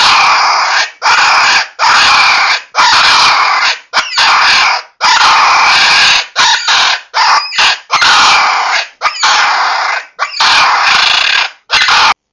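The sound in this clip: Raccoon making harsh, scratchy squalling calls in repeated bursts, some stretched longer, separated by short silences, with a few wavering squeaky notes.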